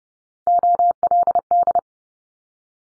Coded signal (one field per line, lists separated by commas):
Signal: Morse code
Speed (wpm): 30 wpm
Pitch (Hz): 700 Hz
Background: none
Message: OLD